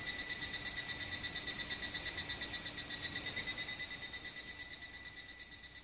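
Cicada buzz, a continuous high-pitched drone with a regular throbbing pulse, slowly fading toward the end.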